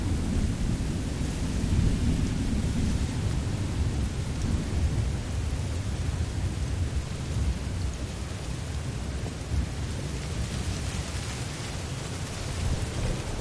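Steady heavy rain pours with a deep, continuous low rumble of distant thunder and wind underneath, holding dense and unchanging throughout.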